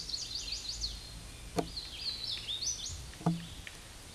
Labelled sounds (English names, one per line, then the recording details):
Hooded Warbler song
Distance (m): 25 m
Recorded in a Pennsylvania forest on 18 May 2023 at 12:59
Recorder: AudioMoth, point grid1_12_low
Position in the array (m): 157 m, 130 m